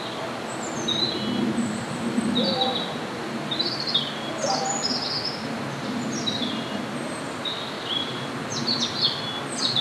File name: rouge gorge